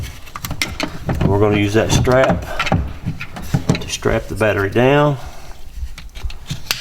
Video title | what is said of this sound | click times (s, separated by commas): Boonedox Firewall for Kayak Electronics | it just snaps into place nice and easy and | 6.7 s